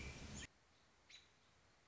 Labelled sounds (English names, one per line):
American Robin